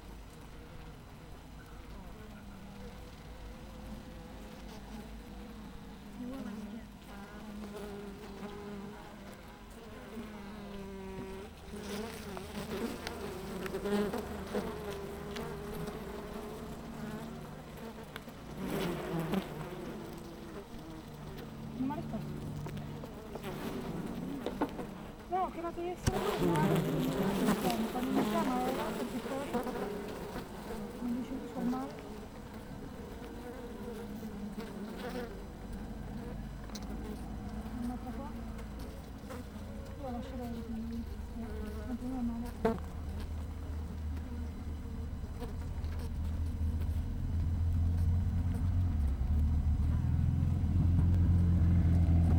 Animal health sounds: honeybee colony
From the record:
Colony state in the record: missing queen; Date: 14 July 2017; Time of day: 7:20

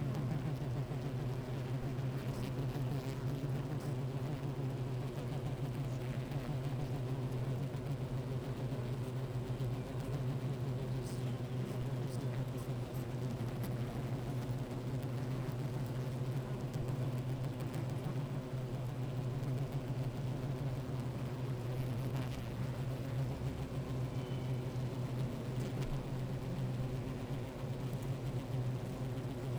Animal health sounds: honeybee colony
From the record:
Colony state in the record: active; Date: 28 July 2017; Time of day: 12:01

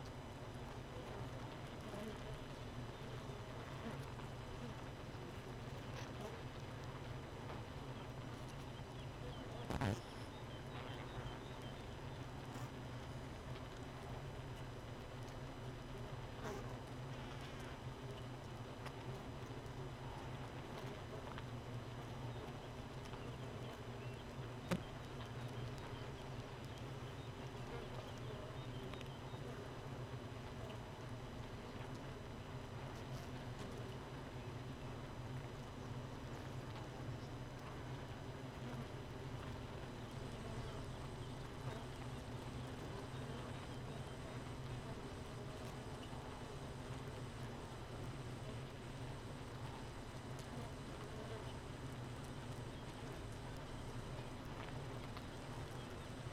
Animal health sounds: honeybee colony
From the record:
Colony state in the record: missing queen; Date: 31 May 2018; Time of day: 4:51

